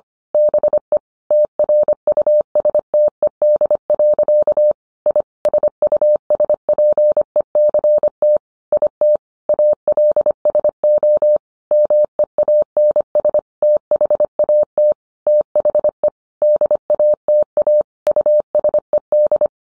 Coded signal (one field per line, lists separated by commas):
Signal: Morse code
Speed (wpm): 25 wpm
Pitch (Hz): 600 Hz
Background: none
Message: BE TRUSTED. I SUSPECT IT ALSO MEANS THAT THE DATA USED